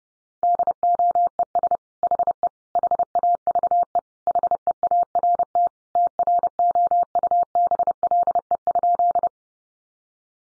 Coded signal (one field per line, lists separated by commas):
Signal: Morse code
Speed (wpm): 30 wpm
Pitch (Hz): 700 Hz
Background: none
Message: DOES HE HAVE HEART TROUBLE?